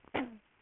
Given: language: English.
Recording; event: throat vibration sensor signal played as sound; cough